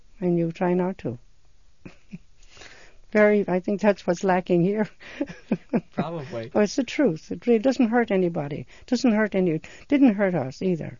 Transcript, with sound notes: and you try not to. (she laughs) Very, I think that's what's lacking here. (she laughs)
Probably.
Well, it's the truth. It doesn't hurt anybody. It doesn't hurt any, didn't hurt us either.